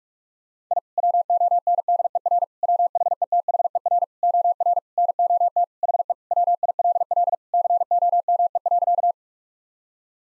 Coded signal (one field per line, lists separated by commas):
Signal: Morse code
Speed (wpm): 41 wpm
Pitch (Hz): 700 Hz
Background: none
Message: I WONDER WHETHER OR NOT HE WILL COME.